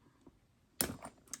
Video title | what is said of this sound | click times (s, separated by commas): Making the Hexatote by Sewfisticated Craft Designs | dang it's just clicked in place and I can't get it off | 0.8 s